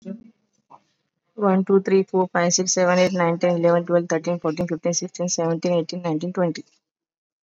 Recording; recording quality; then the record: counting at a fast pace; excellent, no background noise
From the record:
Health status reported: COVID-19 positive, mild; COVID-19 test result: positive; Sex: female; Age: 37 years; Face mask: worn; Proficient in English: yes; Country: India